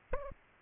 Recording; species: mosquito wingbeat signal from an infrared sensor; Aedes aegypti